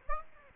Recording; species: mosquito wingbeat signal from an infrared sensor; Aedes aegypti